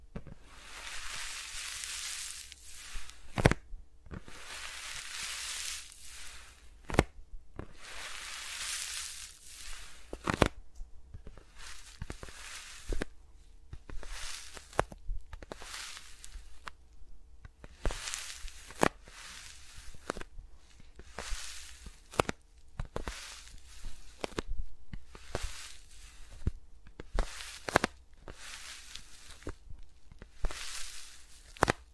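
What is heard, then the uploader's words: Fingers rub and brush over the mics in soft hissing swells, broken by sharp taps and clicks every second or so, with no talking. ASMR with Mics Around My Fingers (No Talking).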